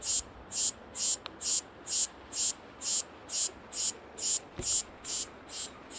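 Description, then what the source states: Cicada song: a high, hissing buzz pulsed in regular bursts, a little over two per second, over background noise. Recorded in a park.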